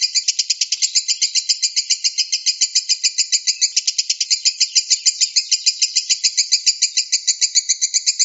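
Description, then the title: Lovebird calling in a brisk, scratchy stream of shrill notes, kept up from start to finish. Konslet-style continuous song. "Lovebird Konslet"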